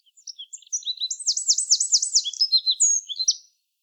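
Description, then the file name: Eurasian wren delivering a three-second rush of piercing notes: scattered chips, then a rapid run of repeated down-slurred notes and further short trills. "Troglodytes troglodytes"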